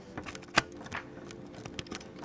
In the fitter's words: there we go the second one is in which is in the four slots so just make sure they both click in